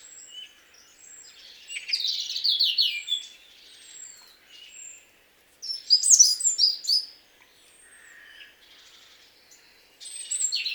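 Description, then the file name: European robin in song, rapid high tinkling phrases with thin drawn-out whistles, broken by pauses and a final bright burst. "Erithacus rubecula"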